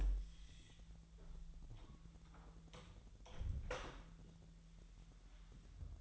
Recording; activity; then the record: daily activity, microphone in the room; close door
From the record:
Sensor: 3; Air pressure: 1001.2 hPa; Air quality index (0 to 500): 249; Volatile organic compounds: 172 ppm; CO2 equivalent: 4114 ppm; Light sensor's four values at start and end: 12/30/12/12 and 12/29/12/12